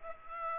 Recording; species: mosquito wingbeat signal from an infrared sensor; Aedes aegypti